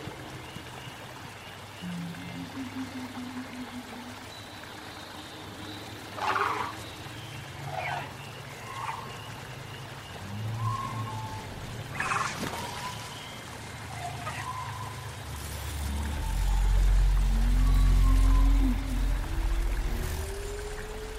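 Dinosaur sounds: low rumbling growls and short warbling, gobbling calls over a constant hiss. Brief sharp cries burst out around 6 and 12 seconds, and near the end a deep, heavy roar swells to the loudest point before easing off.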